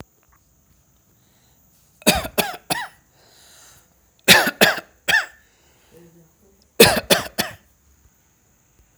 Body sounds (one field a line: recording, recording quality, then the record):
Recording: heavy voluntary cough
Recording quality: excellent, no background noise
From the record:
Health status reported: healthy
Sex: male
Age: 55 years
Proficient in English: yes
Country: India